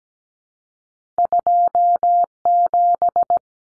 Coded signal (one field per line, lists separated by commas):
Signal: Morse code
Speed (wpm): 17 wpm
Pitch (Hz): 700 Hz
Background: none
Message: 27